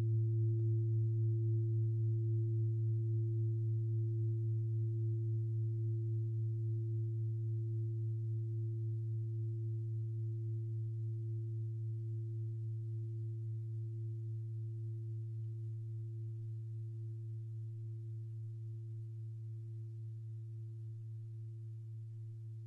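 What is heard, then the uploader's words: A steady low tone at 110.96 Hz hums without a break for the whole clip, joined by a fainter, higher overtone. The sound never changes pitch and slowly fades in loudness from start to finish. Nothing else is heard. 110.96 Hz.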